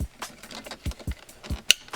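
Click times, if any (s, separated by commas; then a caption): 1.7 s. An electrical connector is plugged in by hand to the cabin fan/filter housing of a 3rd Gen 4Runner during cabin air filter installation, before the blower/filter housing is set up into place. Soft low thumps and rustling handling sounds lead up to a single sharp, loud click at 1.7 s. The connector is seated.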